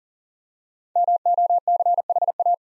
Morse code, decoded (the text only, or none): MOCHA